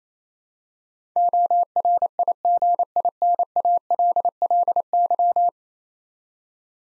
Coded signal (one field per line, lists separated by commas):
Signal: Morse code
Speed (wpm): 27 wpm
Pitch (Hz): 700 Hz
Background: none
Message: ORIGINALLY